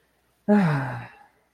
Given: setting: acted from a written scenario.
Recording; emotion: vocal sound without words; contentment